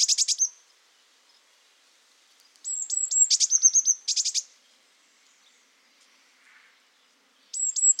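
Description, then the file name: Eurasian blue tit calling: bursts of very high, thin piping notes that break into rapid buzzy stuttering trills, in three separate bouts with quiet pauses between. "Cyanistes caeruleus"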